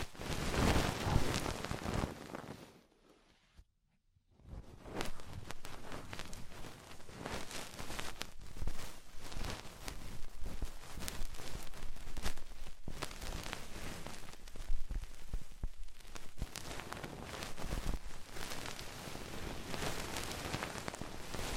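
Ear cleaning with rhinestone and clay removal: a dense, crackling, scratchy rustle that patters like rain, bright and busy throughout. It drops to near silence for about a second and a half near the three-second mark, then resumes and continues steadily to the end.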